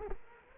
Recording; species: mosquito wingbeat signal from an infrared sensor; Culex quinquefasciatus